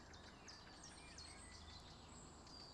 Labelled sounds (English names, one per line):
Eurasian Blackcap